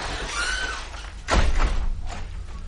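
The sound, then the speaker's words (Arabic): A door opens with a solid low thump and a brief rattling clatter as someone enters without knocking, in the play Ninotchka, followed by a softer knock, with faint background hiss before it. “إني أعتذر، كان يجب علي أن أطرق الباب.”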